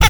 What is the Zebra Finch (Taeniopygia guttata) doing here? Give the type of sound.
tet call